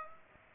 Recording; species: mosquito wingbeat signal from an infrared sensor; Aedes aegypti